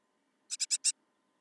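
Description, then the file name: Great tit producing a single quick burst of four rough, buzzy notes, otherwise quiet. "Parus major"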